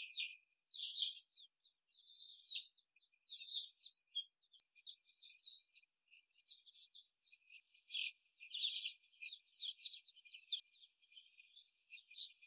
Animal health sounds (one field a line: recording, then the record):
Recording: young laying hens in a cage, short pieces joined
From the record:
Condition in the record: before the stressor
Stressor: simulated dog barking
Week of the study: 4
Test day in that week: 2